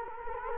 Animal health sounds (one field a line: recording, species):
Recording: mosquito wingbeat signal from an infrared sensor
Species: Culex quinquefasciatus